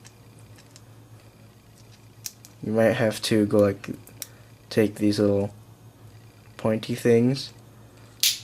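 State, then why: Seated. A plastic center cap is pushed onto the arm of an Alpha CC speed-cube core while someone talks, with a few faint ticks early on. At 8.2 s, a single sharp plastic snap is heard as the cap snaps into place and seats.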